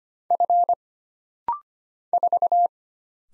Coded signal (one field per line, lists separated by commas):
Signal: Morse code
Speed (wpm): 25 wpm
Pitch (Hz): 700 Hz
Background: none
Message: F 4